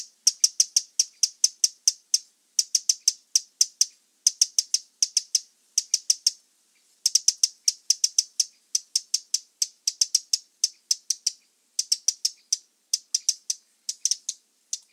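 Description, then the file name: Eurasian wren scolding with dense bursts of sharp, high clicking notes, rattled in grouped runs with brief gaps throughout. "Troglodytes troglodytes"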